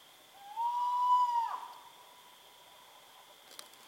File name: Spot bellied eagle owl